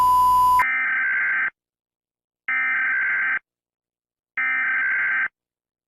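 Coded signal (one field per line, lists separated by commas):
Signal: Emergency Alert System (SAME) tones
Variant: header bursts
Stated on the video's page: Fictional EAS scenario of an asteroid impact.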